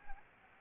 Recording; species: mosquito wingbeat signal from an infrared sensor; Anopheles arabiensis